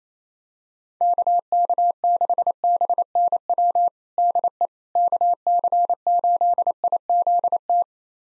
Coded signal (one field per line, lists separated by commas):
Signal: Morse code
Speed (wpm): 27 wpm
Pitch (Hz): 700 Hz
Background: none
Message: KK6BNW DE KC8IZT